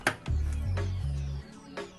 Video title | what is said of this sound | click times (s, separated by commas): computer hardware basics for beginners | i'm going to push until we click hear it click | 0.1 s